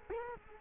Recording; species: mosquito wingbeat signal from an infrared sensor; Culex quinquefasciatus